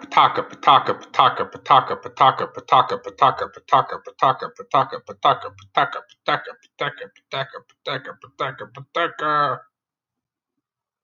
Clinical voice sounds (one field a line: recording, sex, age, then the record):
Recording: repeated syllables /pa ta ka/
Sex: male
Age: 30 to 39 years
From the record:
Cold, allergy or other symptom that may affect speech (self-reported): no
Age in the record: 39 years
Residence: Pennsylvania, United States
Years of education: 12